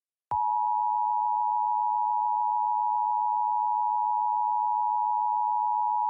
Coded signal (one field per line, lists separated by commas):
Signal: Emergency Alert System (SAME) tones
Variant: 853 and 960 Hz attention tone